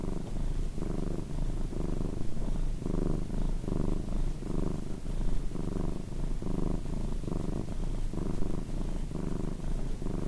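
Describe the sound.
Cat purring steadily, a low rumbling buzz pulsing with quick even breaths.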